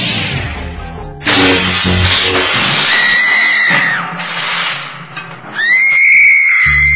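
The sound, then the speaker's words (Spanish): Several men scream in panic after seeing a gun, their high, strained cries rising and overlapping in loud bursts, with a long shrill wail trailing off near the end. “Muy machos todos, y en cuanto vieron el arma empezaron a gritar como mujeres.”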